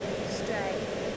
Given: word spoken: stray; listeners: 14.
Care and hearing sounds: one English word in noise, from a listening test; speech-shaped noise; -5.5 dB; 2 of 14; 10 of 14; 0.77 s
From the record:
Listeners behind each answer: 10, 2, 1, 1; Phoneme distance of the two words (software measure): 7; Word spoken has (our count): 1 syllable, 4 phonemes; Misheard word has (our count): 1 syllable, 3 phonemes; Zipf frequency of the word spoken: 3.54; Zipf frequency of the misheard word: 5.39

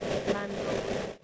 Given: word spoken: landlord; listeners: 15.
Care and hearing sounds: one English word in noise, from a listening test; noise modulated by three-talker babble; -5.8 dB; 1 of 15; 8 of 15; 0.84 s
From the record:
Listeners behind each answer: 8, 1, 1, 1, 1, 1, 1, 1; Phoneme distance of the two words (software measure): 24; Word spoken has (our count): 2 syllables, 7 phonemes, stress on syllable 1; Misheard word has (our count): 2 syllables, 5 phonemes, stress on syllable 1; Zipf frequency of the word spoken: 3.87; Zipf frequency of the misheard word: 4.59

